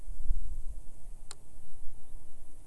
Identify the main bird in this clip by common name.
Common Chiffchaff